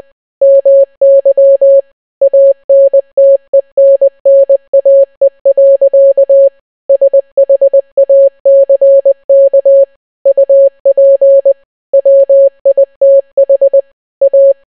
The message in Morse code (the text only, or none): MY ANTENNAE. SHACK UP WITH A